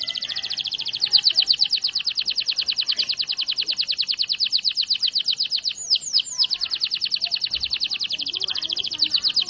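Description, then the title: Canary song: a long, fast rolling trill held steady for most, broken briefly near six seconds by a few sweeping notes before the roll resumes. Canary long rolling song used as a master recording for training birds. "Master Burung Jos. Kenari ngerol panjang"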